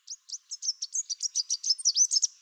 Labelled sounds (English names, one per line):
Chestnut-capped Warbler song